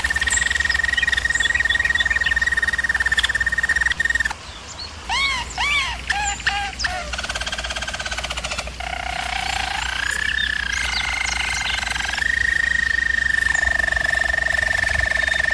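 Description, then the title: German Roller canary song: a long steady high trill, a passage of repeated arched notes, then rolling tours returning to the sustained high trill. Used as a canary training recording. "German Roller Canary Singing - Canary Training Vid"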